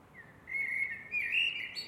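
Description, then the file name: Eurasian blackbird giving one short phrase, a smooth fluty note that turns into a brighter, twittering flourish at the end. "MERLES"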